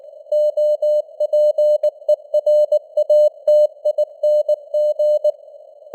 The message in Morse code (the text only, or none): OPERATING